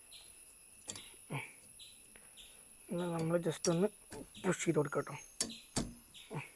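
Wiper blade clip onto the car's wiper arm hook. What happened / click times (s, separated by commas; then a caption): Handled, not yet home: wiper blade clip pushed toward wiper arm / none. A new wiper blade's plastic clip is pushed onto the hook of a car's metal wiper arm while someone talks, with a few short sharp taps around 0.9 s, 5.4 s and 5.8 s over a steady high-pitched background hiss. The clip ends before the blade goes home, so nothing has seated or clicked yet.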